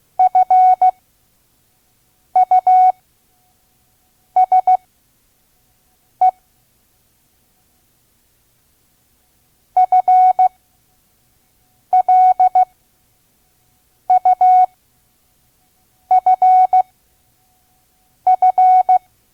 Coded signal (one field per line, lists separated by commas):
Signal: Morse code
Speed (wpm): 16 wpm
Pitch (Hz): 740 Hz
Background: none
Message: FUSE FLUFF